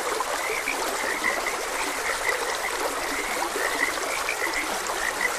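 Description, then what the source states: Frogs give brief croaks scattered throughout, set against steady running water. Frogs croaking beside a gentle stream.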